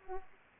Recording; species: mosquito wingbeat signal from an infrared sensor; Aedes aegypti